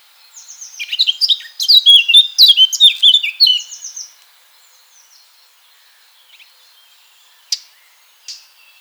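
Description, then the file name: Eurasian blackcap sings a full phrase: scratchy warbling building into loud, clear fluted whistles, followed by silence and two sharp clicks. "Sylvia atricapilla"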